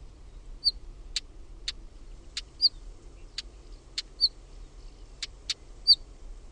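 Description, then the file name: Northern wheatear giving hard tacking clicks interspersed with short whistled notes, irregularly spaced throughout, against steady low background noise. "KIVITASKU"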